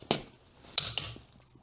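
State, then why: Torque reached. A lug nut on a wheel stud of a 1997 Civic hatchback is tightened with a click-type torque wrench set to 80 lb. After a dull knock at 0.1 s, the wrench gives two sharp metallic clicks at 0.8 s and 1.0 s. This confirms the 80 lb setting has been reached.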